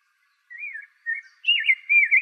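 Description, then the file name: Rose-breasted grosbeak singing a short run of sweet, warbled whistled phrases that rise and fall, a few phrases delivered close together with no other sounds. Recorded in Arizona. "RBGR 1 B deviche"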